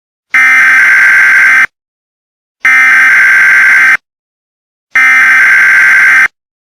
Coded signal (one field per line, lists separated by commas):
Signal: Emergency Alert System (SAME) tones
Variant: header bursts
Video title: EAS Scenario #6: The Corner